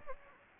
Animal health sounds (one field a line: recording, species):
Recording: mosquito wingbeat signal from an infrared sensor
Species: Anopheles gambiae